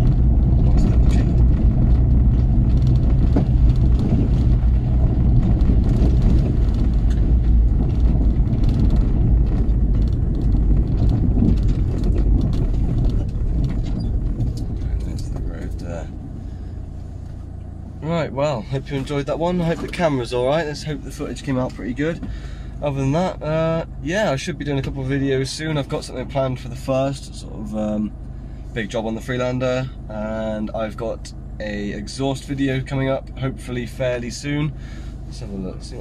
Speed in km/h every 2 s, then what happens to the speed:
26, 26, 24, 24, 23, 18, 15, 8, 0, 0, 0, 0, 0, 0, 0, 0, 0, 0.
0-8 steady at about 24. 8-16 slows to 0. 16-36 standing.